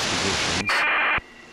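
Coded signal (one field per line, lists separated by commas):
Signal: ACARS aircraft data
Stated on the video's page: ACARS aircraft data messages received with an SDRplay RSP receiver and SDRuno.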